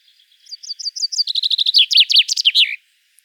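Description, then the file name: Common chaffinch song: a high series of sweet repeated notes that descends in steps and ends in a brisk, slurred flourish, about two and a half seconds long. "Fringilla coelebs"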